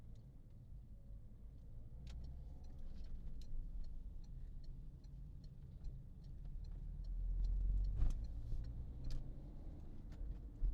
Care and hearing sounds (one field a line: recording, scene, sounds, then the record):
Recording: everyday scene through a hearing-aid microphone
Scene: in a vehicle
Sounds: engine, highway driving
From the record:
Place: Berlingo II, diesel engine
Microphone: in the ear canal, left